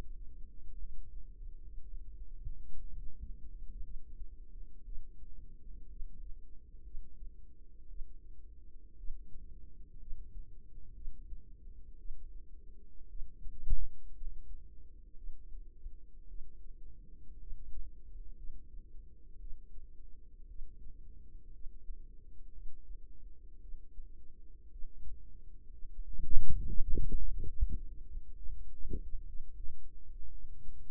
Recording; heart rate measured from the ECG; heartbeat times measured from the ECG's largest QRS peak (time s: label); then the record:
heart sounds by microphone in the right ear; 59 bpm
0.77 s: heartbeat
1.82 s: heartbeat
2.88 s: heartbeat
3.81 s: heartbeat
4.83 s: heartbeat
5.87 s: heartbeat
6.82 s: heartbeat
7.86 s: heartbeat
8.96 s: heartbeat
9.97 s: heartbeat
10.93 s: heartbeat
11.96 s: heartbeat
13.07 s: heartbeat
14.12 s: heartbeat
15.14 s: heartbeat
16.26 s: heartbeat
17.37 s: heartbeat
18.34 s: heartbeat
19.38 s: heartbeat
20.46 s: heartbeat
21.50 s: heartbeat
22.50 s: heartbeat
23.59 s: heartbeat
24.69 s: heartbeat
25.69 s: heartbeat
26.64 s: heartbeat
27.52 s: heartbeat
28.34 s: heartbeat
29.25 s: heartbeat
30.29 s: heartbeat
From the record:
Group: healthy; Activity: rest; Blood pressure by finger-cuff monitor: 87/59 mmHg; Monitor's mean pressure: 67 mmHg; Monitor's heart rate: 59 bpm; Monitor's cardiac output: 4.3 L/min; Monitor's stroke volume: 73 mL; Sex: female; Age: 36 years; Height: 163 cm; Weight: 88 kg